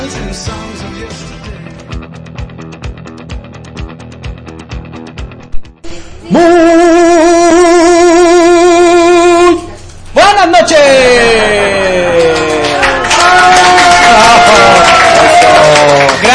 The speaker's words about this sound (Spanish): Gracias por esa bonita recibida el día de hoy. Ahora sí nos recibieron con aplausos reales, ¿eh? Nada de prefabricado. Sí, no tuvimos que bajar nada de internet. Así, todo es en vivo. El día de hoy estamos transmitiendo desde Pizza Grande.